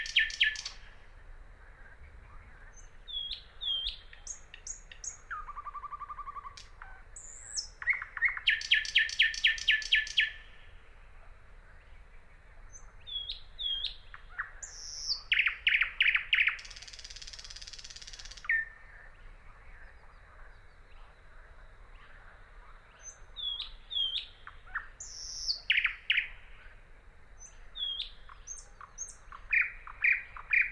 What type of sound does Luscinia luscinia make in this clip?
song